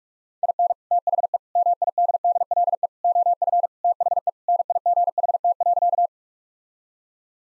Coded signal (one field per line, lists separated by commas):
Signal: Morse code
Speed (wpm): 43 wpm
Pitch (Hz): 700 Hz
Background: none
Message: IN THE MIDDLE OF THE NIGHT.